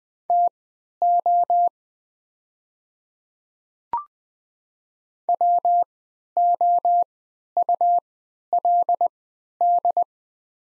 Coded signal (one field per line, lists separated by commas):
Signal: Morse code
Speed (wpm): 20 wpm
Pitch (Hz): 700 Hz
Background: none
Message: TO WOULD